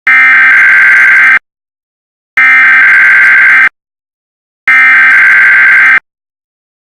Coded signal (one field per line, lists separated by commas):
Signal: Emergency Alert System (SAME) tones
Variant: header bursts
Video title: EAS Yellow Warning Of Wind & Rain (EAS #11)